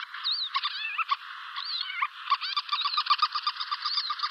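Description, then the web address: White-tailed lapwing alarm calls: dense chattering of short clipped notes and twisting whistled calls, becoming a rapid repeated series in the second half. "Schulze Peter White-tailed Lapwing alarmcalls"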